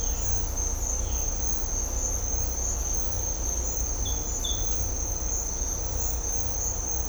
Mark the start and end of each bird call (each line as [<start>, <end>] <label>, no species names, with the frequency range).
[0.00, 0.25] bird call (2.2-3.9 kHz)
[0.96, 1.25] bird call (2.1-4.1 kHz)